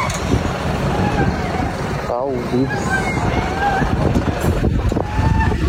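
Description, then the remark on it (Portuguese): A heavy truck with no brakes rolls backwards out of control, rumbling and grinding steadily, with loud, continuous low road noise. People talk and shout over it, and a woman's wavering scream rises briefly in the middle. “Sem freio, o cara tá dando ré isso aí.”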